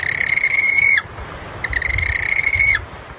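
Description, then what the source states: Yellow-eyed penguin calls, two long shrill tonal notes with rich harmonics, each about a second long and ending in a short downward slur, separated by a brief pause. Hoiho, voted New Zealand's bird of the year; one of the rarest penguins in the world.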